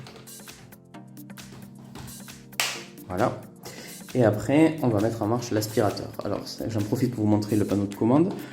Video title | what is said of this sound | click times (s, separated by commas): Test d'un aspirateur balai Bissell Icon 21V (2020) | on va le plugin sur le bloc moteur jusqu'à entendre le clic | 2.6 s